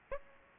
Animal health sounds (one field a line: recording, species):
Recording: mosquito wingbeat signal from an infrared sensor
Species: Aedes aegypti